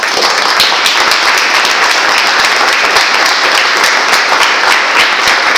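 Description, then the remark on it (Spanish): Sustained applause from a large audience for a team of Club Atlético Independiente veterans, the 1984 world champions, a dense steady wash of many hands clapping at once, loud and even throughout with no talking over it. “Pido un fuerte aplauso para ellos.”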